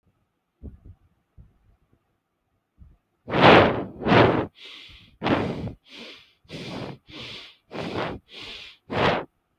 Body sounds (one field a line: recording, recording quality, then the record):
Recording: shallow breathing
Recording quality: moderate, slight background noise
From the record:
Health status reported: healthy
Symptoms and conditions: none ticked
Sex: male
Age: 22 years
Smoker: not ticked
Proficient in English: yes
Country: India